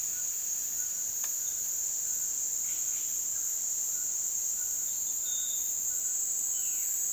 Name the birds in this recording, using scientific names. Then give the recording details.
Ramphastos tucanus, Cyanocorax violaceus. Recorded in dense forest near Puerto Asís, Putumayo, Colombia, on 19 February 2024 at 08:00. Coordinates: 0.499, -76.324. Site G6469